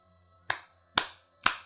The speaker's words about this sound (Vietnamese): thì từ bên ngoài lão lò bước vào vỗ tay bồm bốp.